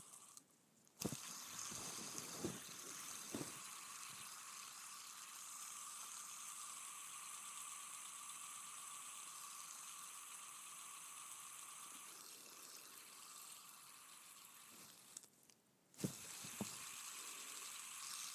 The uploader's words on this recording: ASMR Spinning a Fidget Spinner.